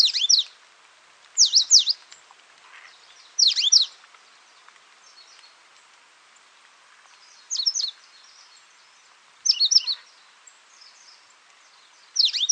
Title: LuckyPassaro Completos2Sama. Coal-crested Finch (Charitospiza eucosma)